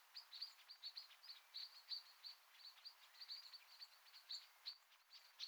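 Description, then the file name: Common blackbird calls, a rapid run of short, sharp, high notes repeated many times over steady faint background hiss. "Turdus merula"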